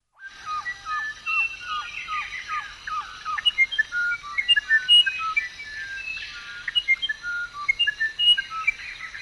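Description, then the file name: Bird song, a lively run of clear whistled notes: first a series of quick downslurred whistles, then a jumble of varied higher chirps. "oiseau"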